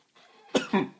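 Two short, sharp cough bursts in quick succession, about a fifth of a second apart, from an adult man in a quiet room, right after taking a sip of a drink. A brief irritant cough.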